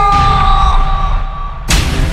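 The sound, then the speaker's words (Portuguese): At a party with the Caminhão Veneno sound truck in Igarapé-Açu on 22 February 2019, a crowd roars and shouts together in response to the MC's call over loud, steady music with sustained tones, ending in a sudden bright burst of noise near the close. “Quem não tem hora pra chegar em casa, dá um grito!”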